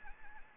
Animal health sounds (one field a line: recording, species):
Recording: mosquito wingbeat signal from an infrared sensor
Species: Anopheles gambiae